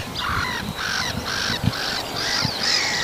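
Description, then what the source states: Black-headed Gull giving a run of harsh, nasal squawks in quick succession. Gulls on the same field as in earlier broadcasts, Lohja; morning.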